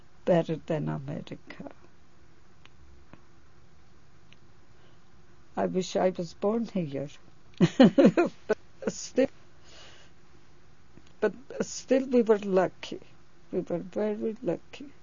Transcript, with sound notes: better than America. I wish I was born here. ( she laughs ) But still we were lucky, we were very lucky.